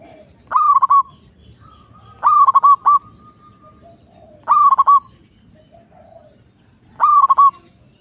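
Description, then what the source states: Zebra dove song: four stuttering cooing phrases about every two seconds, each a sharp upslur followed by rapid pulsed notes, with faint soft notes between. Local (lokal) bird.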